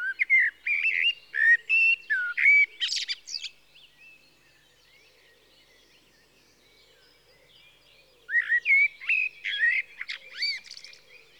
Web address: The BBC Sound Effects Library. Blackbird (Turdus Merula)